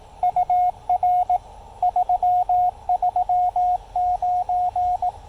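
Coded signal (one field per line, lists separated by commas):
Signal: Morse code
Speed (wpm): 18 wpm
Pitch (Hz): 720 Hz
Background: radio noise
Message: UR 339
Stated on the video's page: QRP CW activation on a Yaesu FT-817ND with an Elecraft T1 tuner and a 28.5-foot speaker-wire antenna.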